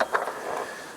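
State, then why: Seated. The second black length-extension locking knob under the frame of a Stiegelmeyer Evario care bed is twisted back in. Short clicks are heard at 0.0 s and 0.2 s, followed by a low scraping hum that fades. The knob clicks home and is seated.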